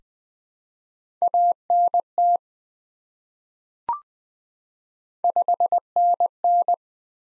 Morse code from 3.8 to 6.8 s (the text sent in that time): 5NN